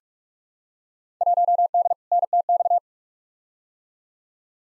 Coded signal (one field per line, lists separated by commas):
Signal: Morse code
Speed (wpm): 46 wpm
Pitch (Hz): 700 Hz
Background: none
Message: 1D NTX